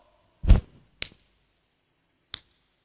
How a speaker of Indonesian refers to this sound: Kalau dia adalah sahabat kita biasa kunut, ya diingatkan mungkin dia lupa. Tinggal Anda mengucapkan kalimat subhanallah sebagai seorang pria. Kalau ibu-ibu tepuk.